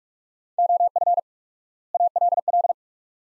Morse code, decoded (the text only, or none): OF ALL